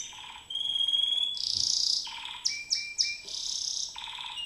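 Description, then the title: White-eye song: thin sustained whistles, a loud buzzy trill, then three quick downslurred chips and more rattling trills, all high-pitched. Song in ngerol ngalas style. "Suara Burung Pleci Ngerol Ngalas"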